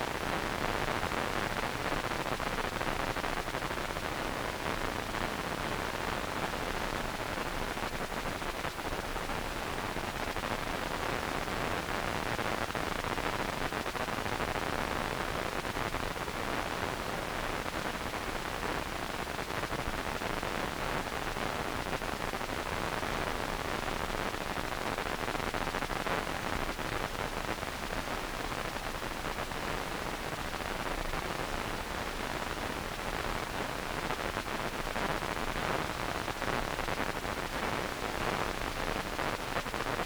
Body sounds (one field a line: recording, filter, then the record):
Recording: brain microelectrode recording played as sound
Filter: wide band, above 20 Hz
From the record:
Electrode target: subthalamic nucleus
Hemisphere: right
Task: reaching with the left hand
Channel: 2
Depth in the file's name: 5.102 mm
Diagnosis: Parkinson's disease